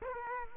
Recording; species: mosquito wingbeat signal from an infrared sensor; Culex quinquefasciatus